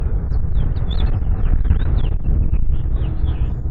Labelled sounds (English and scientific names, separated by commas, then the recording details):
House Finch (Haemorhous mexicanus) song
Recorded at WGilgo Beach on Long Island, New York, on 22 May 1975
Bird D